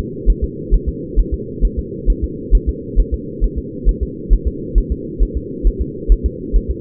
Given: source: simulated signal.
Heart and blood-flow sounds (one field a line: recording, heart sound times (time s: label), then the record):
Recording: fetal heart sounds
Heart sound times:
0.30 s: S1
0.44 s: S2
0.74 s: S1
0.88 s: S2
1.19 s: S1
1.34 s: S2
1.65 s: S1
1.79 s: S2
2.10 s: S1
2.24 s: S2
2.55 s: S1
2.69 s: S2
3.00 s: S1
3.14 s: S2
3.44 s: S1
3.58 s: S2
3.89 s: S1
4.03 s: S2
4.33 s: S1
4.47 s: S2
4.78 s: S1
4.92 s: S2
5.23 s: S1
5.37 s: S2
5.67 s: S1
5.81 s: S2
6.12 s: S1
6.26 s: S2
6.56 s: S1
6.71 s: S2
From the record:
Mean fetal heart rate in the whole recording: 135 bpm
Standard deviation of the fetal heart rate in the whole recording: 3 bpm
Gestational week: 36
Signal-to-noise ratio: -4.1 dB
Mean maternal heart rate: no maternal heart sound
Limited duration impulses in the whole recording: absent